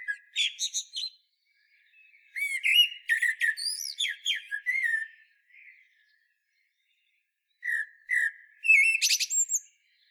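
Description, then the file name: Common blackbird repeating song phrases: rich, varied whistled notes swooping up and down with high twittery flourishes, separated by short silences. "Turdus merula"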